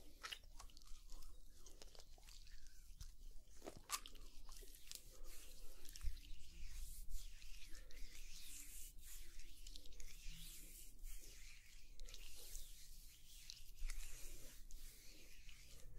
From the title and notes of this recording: ASMR Sauna Spa Treatment Roleplay (Oil Massage & Facial w Layered Sounds).